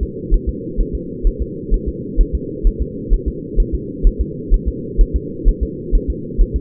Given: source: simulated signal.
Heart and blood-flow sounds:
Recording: fetal heart sounds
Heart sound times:
0.03 s: S2
0.34 s: S1
0.49 s: S2
0.81 s: S1
0.95 s: S2
1.27 s: S1
1.42 s: S2
1.74 s: S1
1.88 s: S2
2.21 s: S1
2.35 s: S2
2.67 s: S1
2.82 s: S2
3.13 s: S1
3.28 s: S2
3.60 s: S1
3.75 s: S2
4.07 s: S1
4.21 s: S2
4.54 s: S1
4.68 s: S2
5.01 s: S1
5.16 s: S2
5.49 s: S1
5.63 s: S2
5.95 s: S1
6.10 s: S2
6.41 s: S1
6.56 s: S2
From the record:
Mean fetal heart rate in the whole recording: 130 bpm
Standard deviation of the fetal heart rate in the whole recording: 2 bpm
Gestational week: 38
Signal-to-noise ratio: -4.1 dB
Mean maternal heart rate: no maternal heart sound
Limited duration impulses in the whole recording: absent

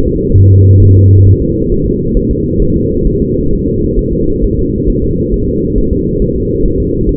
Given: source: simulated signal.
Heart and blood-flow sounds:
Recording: fetal heart sounds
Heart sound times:
0.08 s: S2
0.38 s: S1
0.52 s: S2
0.83 s: S1
0.97 s: S2
1.27 s: S1
1.42 s: S2
1.72 s: S1
1.86 s: S2
2.17 s: S1
2.31 s: S2
2.62 s: S1
2.76 s: S2
3.07 s: S1
3.22 s: S2
3.53 s: S1
3.68 s: S2
3.99 s: S1
4.13 s: S2
4.44 s: S1
4.59 s: S2
4.90 s: S1
5.04 s: S2
5.34 s: S1
5.49 s: S2
5.78 s: S1
5.93 s: S2
6.22 s: S1
6.36 s: S2
6.66 s: S1
6.80 s: S2
7.09 s: S1
From the record:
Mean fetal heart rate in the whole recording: 135 bpm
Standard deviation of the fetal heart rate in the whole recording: 3 bpm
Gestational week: 36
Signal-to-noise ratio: -15.3 dB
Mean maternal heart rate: 72 bpm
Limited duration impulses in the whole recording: present

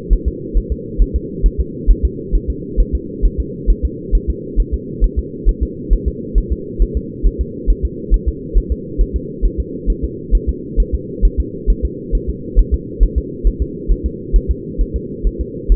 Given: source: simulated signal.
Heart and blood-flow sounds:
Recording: fetal heart sounds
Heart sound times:
0.13 s: S1
0.28 s: S2
0.57 s: S1
0.72 s: S2
1.02 s: S1
1.16 s: S2
1.46 s: S1
1.60 s: S2
1.91 s: S1
2.05 s: S2
2.35 s: S1
2.50 s: S2
2.80 s: S1
2.95 s: S2
3.25 s: S1
3.40 s: S2
3.70 s: S1
3.85 s: S2
4.15 s: S1
4.30 s: S2
4.60 s: S1
4.74 s: S2
5.04 s: S1
5.19 s: S2
5.49 s: S1
5.63 s: S2
5.93 s: S1
6.08 s: S2
6.38 s: S1
6.52 s: S2
6.82 s: S1
6.97 s: S2
7.26 s: S1
7.41 s: S2
7.70 s: S1
7.85 s: S2
8.14 s: S1
8.28 s: S2
8.58 s: S1
8.72 s: S2
9.01 s: S1
9.16 s: S2
9.45 s: S1
9.60 s: S2
9.90 s: S1
10.04 s: S2
10.35 s: S1
10.49 s: S2
10.80 s: S1
10.94 s: S2
11.25 s: S1
11.40 s: S2
11.70 s: S1
11.85 s: S2
12.15 s: S1
12.29 s: S2
12.59 s: S1
12.74 s: S2
13.03 s: S1
13.18 s: S2
13.47 s: S1
13.62 s: S2
13.91 s: S1
14.06 s: S2
14.36 s: S1
14.51 s: S2
14.81 s: S1
14.96 s: S2
15.27 s: S1
15.41 s: S2
15.72 s: S1
From the record:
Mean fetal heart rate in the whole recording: 135 bpm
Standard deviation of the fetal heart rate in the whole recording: 3 bpm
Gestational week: 36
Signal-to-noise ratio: -4.1 dB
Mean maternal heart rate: no maternal heart sound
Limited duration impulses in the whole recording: absent

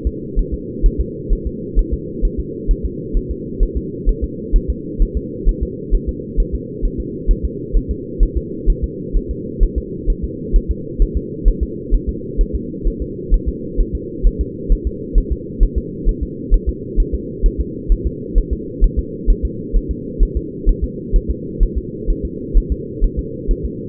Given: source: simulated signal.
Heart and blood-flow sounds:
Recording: fetal heart sounds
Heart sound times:
0.07 s: S2
0.39 s: S1
0.54 s: S2
0.86 s: S1
1.01 s: S2
1.33 s: S1
1.47 s: S2
1.79 s: S1
1.94 s: S2
2.25 s: S1
2.40 s: S2
2.71 s: S1
2.85 s: S2
3.17 s: S1
3.31 s: S2
3.63 s: S1
3.77 s: S2
4.09 s: S1
4.24 s: S2
4.56 s: S1
4.70 s: S2
5.02 s: S1
5.17 s: S2
5.49 s: S1
5.63 s: S2
5.95 s: S1
6.09 s: S2
6.40 s: S1
6.55 s: S2
6.85 s: S1
7.00 s: S2
7.31 s: S1
7.45 s: S2
7.77 s: S1
7.91 s: S2
8.23 s: S1
8.37 s: S2
8.70 s: S1
8.84 s: S2
9.17 s: S1
9.31 s: S2
9.63 s: S1
9.78 s: S2
10.10 s: S1
10.25 s: S2
10.56 s: S1
10.71 s: S2
11.02 s: S1
11.17 s: S2
11.48 s: S1
11.63 s: S2
11.94 s: S1
12.09 s: S2
12.41 s: S1
12.56 s: S2
12.88 s: S1
13.02 s: S2
13.34 s: S1
13.49 s: S2
13.80 s: S1
13.95 s: S2
14.27 s: S1
14.41 s: S2
14.72 s: S1
14.87 s: S2
15.18 s: S1
15.32 s: S2
15.63 s: S1
15.78 s: S2
16.09 s: S1
16.23 s: S2
16.54 s: S1
16.69 s: S2
17.00 s: S1
17.15 s: S2
17.46 s: S1
17.60 s: S2
17.92 s: S1
18.07 s: S2
18.38 s: S1
18.53 s: S2
18.84 s: S1
18.99 s: S2
19.30 s: S1
19.45 s: S2
19.76 s: S1
19.91 s: S2
20.23 s: S1
20.37 s: S2
20.69 s: S1
20.84 s: S2
21.16 s: S1
21.31 s: S2
21.63 s: S1
21.78 s: S2
22.10 s: S1
22.25 s: S2
22.58 s: S1
22.72 s: S2
23.04 s: S1
23.19 s: S2
23.51 s: S1
23.66 s: S2
From the record:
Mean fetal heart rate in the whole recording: 130 bpm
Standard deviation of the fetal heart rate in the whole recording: 2 bpm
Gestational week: 38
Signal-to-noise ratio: -4.1 dB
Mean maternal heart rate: no maternal heart sound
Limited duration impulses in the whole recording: absent

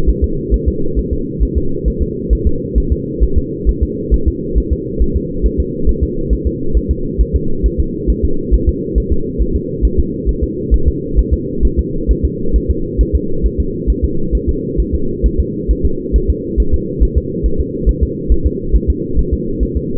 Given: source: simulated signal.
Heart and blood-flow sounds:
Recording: fetal heart sounds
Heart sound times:
0.09 s: S1
0.24 s: S2
0.54 s: S1
0.68 s: S2
0.99 s: S1
1.13 s: S2
1.43 s: S1
1.58 s: S2
1.88 s: S1
2.02 s: S2
2.33 s: S1
2.47 s: S2
2.78 s: S1
2.92 s: S2
3.23 s: S1
3.38 s: S2
3.69 s: S1
3.83 s: S2
4.14 s: S1
4.28 s: S2
4.58 s: S1
4.73 s: S2
5.02 s: S1
5.16 s: S2
5.46 s: S1
5.60 s: S2
5.89 s: S1
6.03 s: S2
6.33 s: S1
6.47 s: S2
6.77 s: S1
6.91 s: S2
7.21 s: S1
7.35 s: S2
7.66 s: S1
7.80 s: S2
8.10 s: S1
8.25 s: S2
8.54 s: S1
8.69 s: S2
8.98 s: S1
9.12 s: S2
9.42 s: S1
9.56 s: S2
9.85 s: S1
9.99 s: S2
10.29 s: S1
10.44 s: S2
10.74 s: S1
10.88 s: S2
11.19 s: S1
11.34 s: S2
11.65 s: S1
11.79 s: S2
12.11 s: S1
12.25 s: S2
12.56 s: S1
12.70 s: S2
13.01 s: S1
13.15 s: S2
13.46 s: S1
13.60 s: S2
13.90 s: S1
14.04 s: S2
14.35 s: S1
14.49 s: S2
14.80 s: S1
14.95 s: S2
15.26 s: S1
15.40 s: S2
15.71 s: S1
15.85 s: S2
16.16 s: S1
16.30 s: S2
16.60 s: S1
16.74 s: S2
17.03 s: S1
17.17 s: S2
17.46 s: S1
17.60 s: S2
17.89 s: S1
18.03 s: S2
18.32 s: S1
18.46 s: S2
18.76 s: S1
18.90 s: S2
19.19 s: S1
19.34 s: S2
19.63 s: S1
19.77 s: S2
From the record:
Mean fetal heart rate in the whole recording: 135 bpm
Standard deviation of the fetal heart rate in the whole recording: 3 bpm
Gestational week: 34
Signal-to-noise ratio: -8.1 dB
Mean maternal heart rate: 72 bpm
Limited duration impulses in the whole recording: absent

